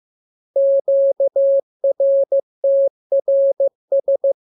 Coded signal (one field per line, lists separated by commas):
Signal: Morse code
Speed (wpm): 15 wpm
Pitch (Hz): 550 Hz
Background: none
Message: QRTRS